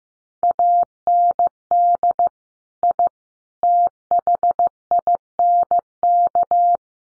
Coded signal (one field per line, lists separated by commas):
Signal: Morse code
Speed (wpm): 15 wpm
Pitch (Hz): 700 Hz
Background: none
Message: AND I THINK